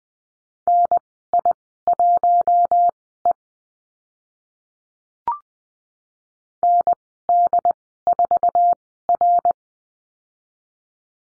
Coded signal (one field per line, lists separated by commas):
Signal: Morse code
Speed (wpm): 20 wpm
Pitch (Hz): 700 Hz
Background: none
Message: NI1E ND4R